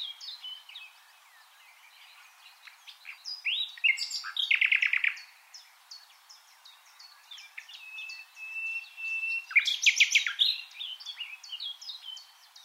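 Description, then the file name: Common nightingale singing loud bursts of rapid repeated notes, with a drawn-out whistle between them and softer notes around them. "Luscinia megarhynchos"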